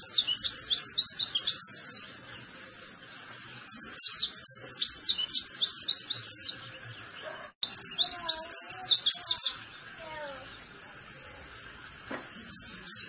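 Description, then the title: White-eye song: rapid high twittering bursts of chirps in repeated phrases, pausing briefly, with some lower whistled notes and a soft background hiss. Vigorously singing ('gacor') white-eye, used as a master recording to train cage birds for song competition success. "Pleci Gacor. Masteran Burung PLECI Untuk Cetak PRESTASI"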